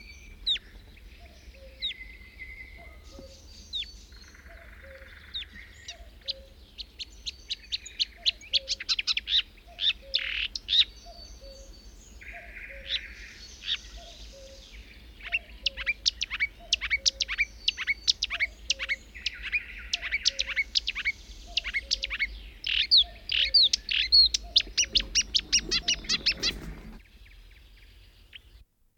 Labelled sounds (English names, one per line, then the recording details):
Marsh Warbler song
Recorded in the wild
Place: Neklade, Insel Rügen, Mecklenburg-Vorpommern, DE
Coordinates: 54.396, 13.446
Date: 1971-05-27
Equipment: Nagra III BH, Sennheiser MD 21, parabola
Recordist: Schubert, Michael
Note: Gesang Sumpfrohränger, s. Bd. 61